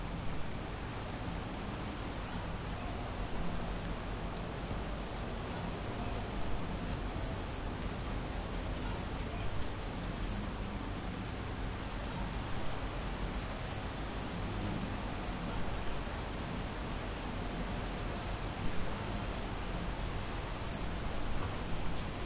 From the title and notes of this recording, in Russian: Атмосфера острова Панган. Запись атмосферы вечернего Пангана. Это время когда вся природа переходит от состояния бодрствования к отдыху, наполняя пространство умиротворяющими звуками.